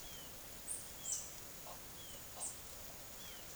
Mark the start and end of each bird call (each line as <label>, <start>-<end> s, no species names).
bird call, 0.00-3.54 s